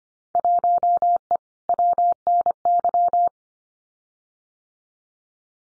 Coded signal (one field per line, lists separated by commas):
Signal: Morse code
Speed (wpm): 25 wpm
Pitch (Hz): 700 Hz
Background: none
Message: 1E WNY